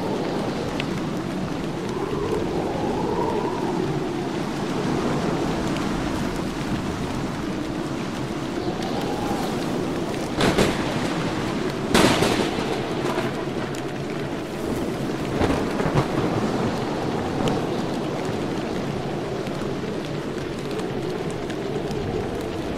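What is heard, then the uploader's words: Steady rain and wind make a dense, even rush throughout, with a constant low roar underneath. Sharp bright cracks stand out around 10 and 12 seconds, with smaller ones near 15 and 16. No clear thunder roll comes through. Thunder, Rain, and Wind: The Perfect Storm of Sound.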